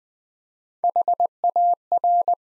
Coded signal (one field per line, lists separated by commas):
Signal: Morse code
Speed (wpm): 20 wpm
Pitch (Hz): 700 Hz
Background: none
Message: HAR